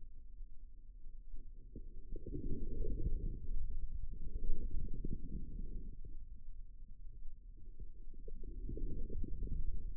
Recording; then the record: forearm muscle sounds (acoustic myography)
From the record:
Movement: inward rotation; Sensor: system 2, bracelet of six BSWA MPA416 microphones around the upper forearm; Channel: 4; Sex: female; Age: 25 years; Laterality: right